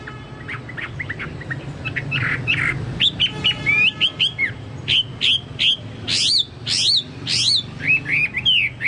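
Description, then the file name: Chinese hwamei song: quiet scratchy notes giving way to loud, clear whistled phrases with falling and rising slurs, repeated in short bursts. "hwamei-2-omkicau"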